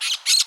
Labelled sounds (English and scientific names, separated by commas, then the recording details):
Brown-throated Parakeet (Eupsittula pertinax) contact call
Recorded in Curacao
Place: along powerline, near entrance of Santa Barbara resort
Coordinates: 12.068, -68.844